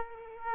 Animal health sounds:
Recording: mosquito wingbeat signal from an infrared sensor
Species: Aedes aegypti

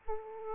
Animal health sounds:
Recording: mosquito wingbeat signal from an infrared sensor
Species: Aedes aegypti

